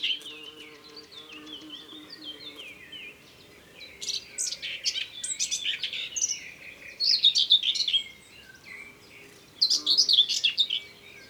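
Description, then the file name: Common whitethroat singing scratchy chattering phrases, with louder bursts later and softer warbling and faint lower notes behind. Ardèche. "Fauvette-Grisette-Concerts-Naturels-De-l Ardeche"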